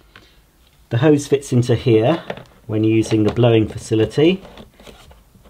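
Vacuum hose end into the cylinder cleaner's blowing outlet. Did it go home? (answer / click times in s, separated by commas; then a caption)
no / none. Someone talks while the hose end of a Miele De Luxe S228i cylinder vacuum cleaner is handled at the exhaust/blowing outlet on the cylinder body, ready to be pushed in. Only faint handling taps are heard around 0.2 s and near 5.1 s and 5.5 s. Nothing has seated or clicked yet.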